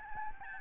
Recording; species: mosquito wingbeat signal from an infrared sensor; Aedes albopictus